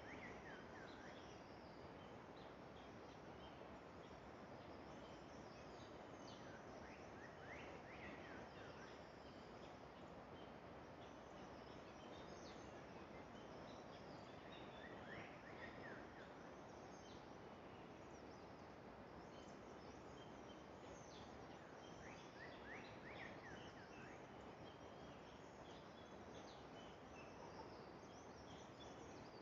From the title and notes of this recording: Sound of the Garhwal Himalayas. Early morning, you'd rise to bird choruses.